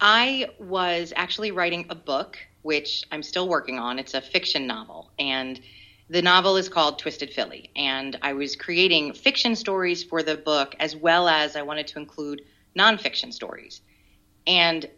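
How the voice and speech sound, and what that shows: One adult speaks clearly and fluently in a relaxed conversational style, with natural pitch variation and brief pauses between phrases. The voice is clear and the articulation is ordinary, with no stuttering, slurring or hoarseness. This is normal speech.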